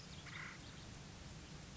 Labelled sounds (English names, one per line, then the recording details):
Acorn Woodpecker
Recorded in Sonoma County, California